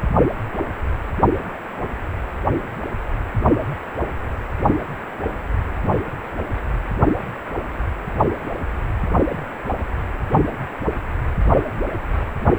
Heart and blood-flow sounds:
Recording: Doppler ultrasound of blood flow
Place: precordium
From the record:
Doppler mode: pulsed wave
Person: healthy adult, 18 to 50 years, no heart murmur, not diving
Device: 2.5 MHz transducer

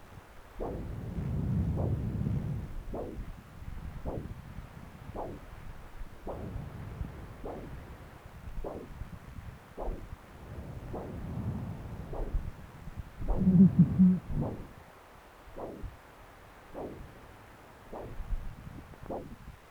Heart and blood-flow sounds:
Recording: Doppler ultrasound of blood flow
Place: right subclavian vein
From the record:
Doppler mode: continuous wave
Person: adult scuba diver, at rest before a dive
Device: O'Dive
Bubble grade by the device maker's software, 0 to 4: 0

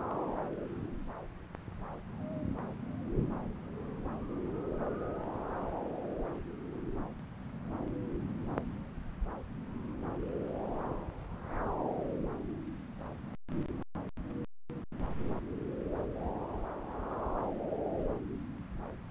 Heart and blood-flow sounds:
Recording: Doppler ultrasound of blood flow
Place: right subclavian vein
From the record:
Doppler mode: continuous wave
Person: adult scuba diver, at rest before a dive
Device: O'Dive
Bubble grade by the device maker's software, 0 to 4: 1

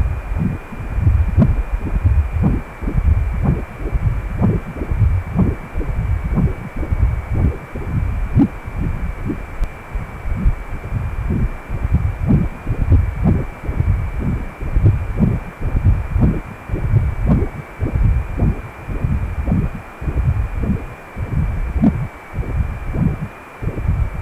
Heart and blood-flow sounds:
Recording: Doppler ultrasound of blood flow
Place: precordium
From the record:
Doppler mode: continuous wave and pulsed wave in the uncut recording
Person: healthy adult, 18 to 50 years, no heart murmur, not diving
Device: 2.5 MHz transducer

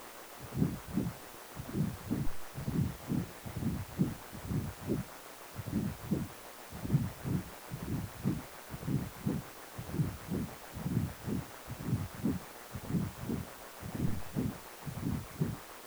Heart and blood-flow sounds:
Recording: Doppler ultrasound of blood flow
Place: precordium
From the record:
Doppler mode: continuous wave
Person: healthy adult, 18 to 50 years, no heart murmur, not diving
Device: 2.5 MHz transducer

